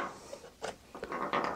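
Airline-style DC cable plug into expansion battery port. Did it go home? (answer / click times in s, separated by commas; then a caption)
no / none. The airline-style end of a Bluetti B80 charging cable, which has an XT60 plug on its other end, is handled and lined up to be pushed into the port of the Bluetti B80 expansion battery. Quiet rustling and scraping build into brief handling knocks around 1.0 s, 1.1 s and 1.6 s. Nothing has seated or clicked yet.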